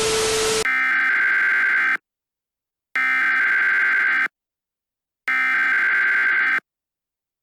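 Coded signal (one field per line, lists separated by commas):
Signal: Emergency Alert System (SAME) tones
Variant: header bursts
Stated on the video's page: Fictional EAS scenario, analog horror.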